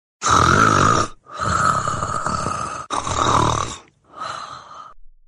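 Four rough, rattling noisy bursts in about five seconds, each lasting roughly one to one and a half seconds and separated by brief silences. The coarse vibrating quality is typical of snoring from soft-tissue flutter in the upper airway during sleep.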